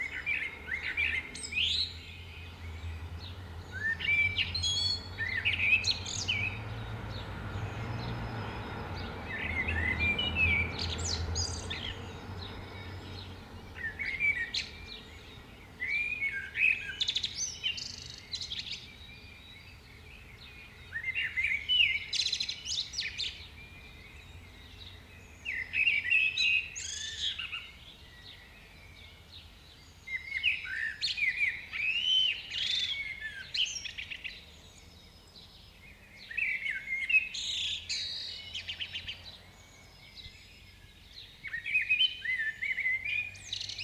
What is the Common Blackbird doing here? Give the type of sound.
song